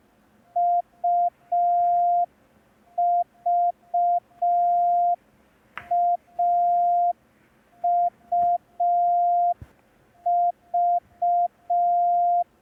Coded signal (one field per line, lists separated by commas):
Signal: Morse code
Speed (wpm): 5 wpm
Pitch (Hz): 700 Hz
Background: none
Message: UVAUV